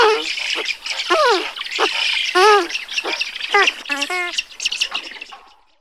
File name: kolpik bily